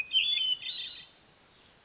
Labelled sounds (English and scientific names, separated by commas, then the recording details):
Hermit Thrush (Catharus guttatus)
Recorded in Sonoma County, California